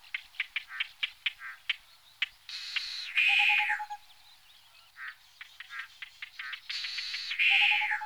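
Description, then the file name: Tropical boubou calls: a run of dry clicks, then harsh rasping churrs, each followed by a short low whistle, the sequence heard twice. "gonolec ventre blanc"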